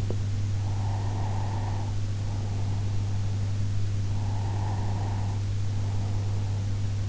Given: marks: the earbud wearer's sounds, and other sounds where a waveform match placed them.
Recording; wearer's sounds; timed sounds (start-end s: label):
sounds in sleep by an in-ear microphone; breath
0.71-3.65 s: breath
4.27-7.02 s: breath